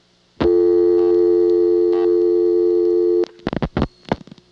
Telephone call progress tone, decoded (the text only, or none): dial tone